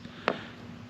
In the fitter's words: like so over that and then snapped into place